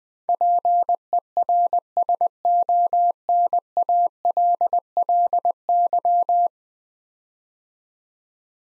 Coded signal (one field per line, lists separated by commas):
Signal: Morse code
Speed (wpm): 20 wpm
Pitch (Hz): 700 Hz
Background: none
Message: PERSONALLY